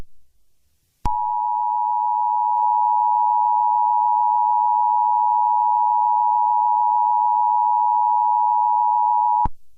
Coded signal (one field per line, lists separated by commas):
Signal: Emergency Alert System (SAME) tones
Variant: 853 and 960 Hz attention tone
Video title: EAS Scenario 24: The Doom Rig (REMASTERED)